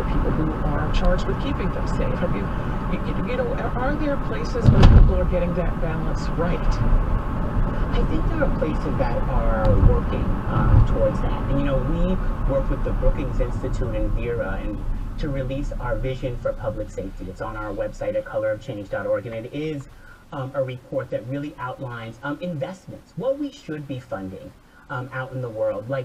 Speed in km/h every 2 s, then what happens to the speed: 60, 55, 50, 50, 56, 56, 37, 19, 0, 0, 0, 0, 0.
0-5 slows to 50. 5-10 speeds up to 56. 10-16 brakes to 0. 16-26 standing.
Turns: none.